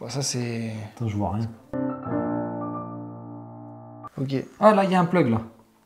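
While a resin statue diorama is being assembled, the peg plug of a statue part is handled toward its socket in the diorama base, with someone talking throughout. A sustained, piano-like musical tone plays from about 1.7 to 4.1 s. Nothing has seated or clicked yet.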